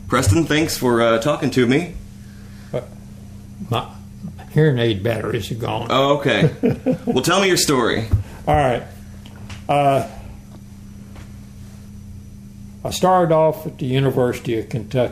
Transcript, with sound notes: Preston, thanks for…talking to me.
My hearing aid batteries are gone [Chuckling]
Oh, okay. Well tell me your story.
All right. I started off at the University of Kentucky.